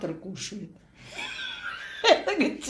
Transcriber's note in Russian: смеётся